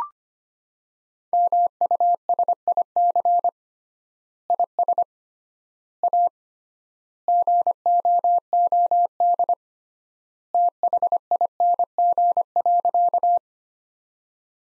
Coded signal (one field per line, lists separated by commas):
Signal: Morse code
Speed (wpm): 25 wpm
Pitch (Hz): 700 Hz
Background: none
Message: MUSIC IS A GOOD THING.